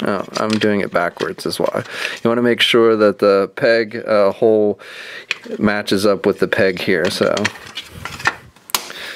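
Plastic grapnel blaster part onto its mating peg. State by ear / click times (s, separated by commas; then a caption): seated / 8.8 s. Someone talks while assembling a plastic grapnel blaster part from a DC Comics Multiverse 6" Batman v Superman: Dawn Of Justice Lex Luthor & Grapnel Blaster figure set, lining up its peg hole with the mating peg after first holding it backwards. A few small plastic taps and handling noises follow, and the part snaps into place with a sharp click at 8.8 s, seated once it is done the right way.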